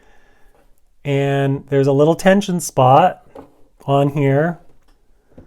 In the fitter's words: There, so it does a little click, and it's already hooked up into the tension spot.